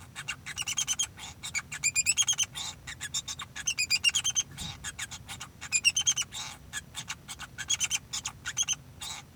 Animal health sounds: song of a male Bengalese finch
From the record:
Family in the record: son of father 2

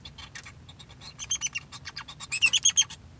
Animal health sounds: song of a male Bengalese finch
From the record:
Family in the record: son of father 2

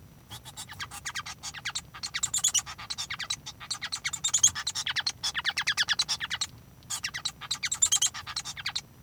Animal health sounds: song of a male Bengalese finch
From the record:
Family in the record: son of father 1

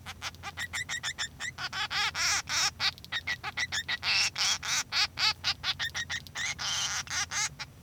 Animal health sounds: song of a male Bengalese finch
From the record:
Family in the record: son of father 3

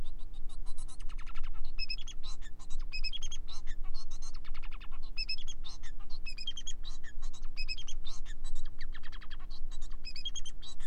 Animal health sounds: song of a male Bengalese finch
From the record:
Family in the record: son of father 4

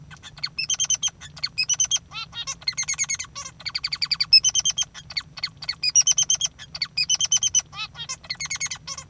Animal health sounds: song of a male Bengalese finch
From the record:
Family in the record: father 3

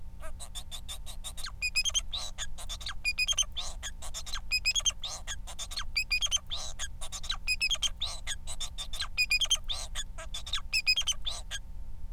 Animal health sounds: song of a male Bengalese finch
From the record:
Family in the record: son of father 4

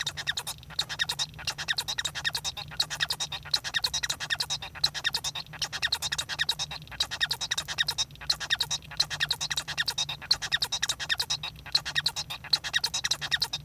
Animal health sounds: song of a male Bengalese finch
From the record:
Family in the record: son of father 1

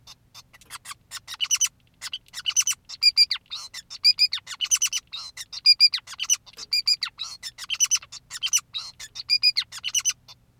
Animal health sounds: song of a male Bengalese finch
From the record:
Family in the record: son of father 2, and himself father 5

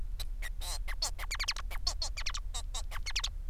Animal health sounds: song of a male Bengalese finch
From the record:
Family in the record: son of father 4

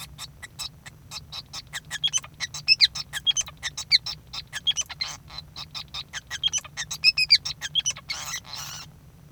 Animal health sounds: song of a male Bengalese finch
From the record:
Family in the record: son of father 5

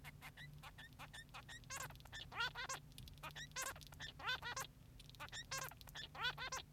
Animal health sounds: song of a male Bengalese finch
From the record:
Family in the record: son of father 3

